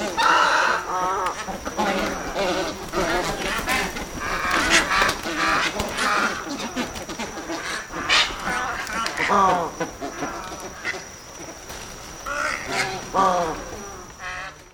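White ibis grunting calls, a flock giving repeated nasal honks and grunts in overlapping bursts, with some calls louder and others quieter throughout.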